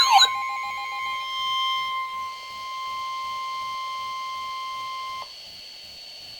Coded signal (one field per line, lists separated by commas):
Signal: Emergency Alert System (SAME) tones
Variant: 1050 Hz attention tone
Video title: NOAA 3 EAS Alerts in 1!!!!